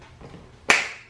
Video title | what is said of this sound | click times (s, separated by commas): Finessy XL Clear Plastic Stackable Shoe Storage Boxes - Full Review with Assembly + Demo | you'll hear a snap when those inwardly folded tabs lock into here and here | 0.7 s